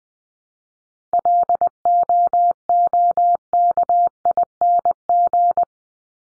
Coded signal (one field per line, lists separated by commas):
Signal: Morse code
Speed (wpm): 20 wpm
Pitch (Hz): 700 Hz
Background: none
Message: LOOKING